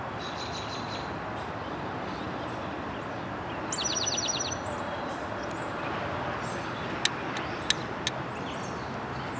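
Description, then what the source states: Towhee song: a few high introductory notes, then a quick buzzy trill of rapid repeated notes lasting about half a second, over steady traffic-like rumble with a few sharp clicks near the end. Recorded 23 April 2007.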